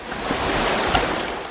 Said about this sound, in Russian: Волна сильная, как в бурю.